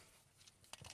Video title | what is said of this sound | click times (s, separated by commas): Rascal Reviews - Geekvape Aegis Boost Pro!!! | that just pops off again | 0.7 s